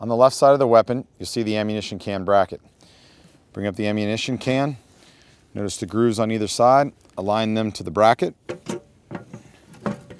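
Someone talks while a metal ammunition can is brought up to the steel bracket on the left side of a DShK machine gun mount and its side grooves are lined up with the bracket, followed by a few short, sharp handling knocks near the end. The can has not yet been pushed down or locked into the bracket, so nothing has seated yet.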